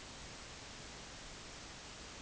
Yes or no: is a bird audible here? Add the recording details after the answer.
no. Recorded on Arctic tundra, site IGLO-D, on 16 June 2018. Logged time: 12:00